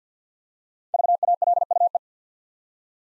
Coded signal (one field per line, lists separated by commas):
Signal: Morse code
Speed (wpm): 49 wpm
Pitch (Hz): 700 Hz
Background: none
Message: VALUE